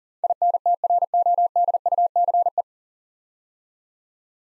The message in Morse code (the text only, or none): INTRODUCE